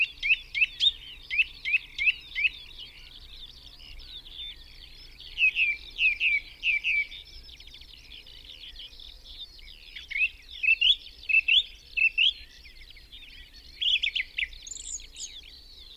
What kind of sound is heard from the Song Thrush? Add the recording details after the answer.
song. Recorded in the wild. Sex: male. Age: adult. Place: Schönow, Naturpark Barnim, Brandenburg, DE. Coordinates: 52.6939, 13.5044. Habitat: wood. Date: 2005-05-01. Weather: clear, 10°C, no wind. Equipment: Edirol R-4, Sennheiser MKH 70, Windschutz. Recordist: Frommolt, Karl-Heinz